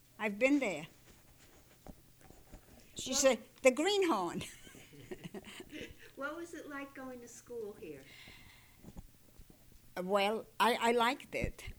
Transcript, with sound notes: I've been there." She said, "The greenhorn." ( she laughs )
What was it like going to school here?
Well, I liked it.